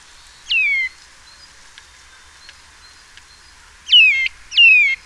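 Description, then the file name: Eurasian Nuthatch calls: three strong, downslurred whistled notes, one near the start and two close together at the end. "Sitta europaea"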